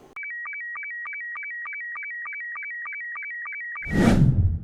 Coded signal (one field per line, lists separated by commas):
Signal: SSTV (slow-scan television)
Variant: Robot 72